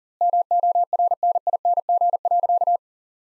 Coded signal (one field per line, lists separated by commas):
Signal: Morse code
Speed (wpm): 40 wpm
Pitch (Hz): 700 Hz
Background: none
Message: MORNING.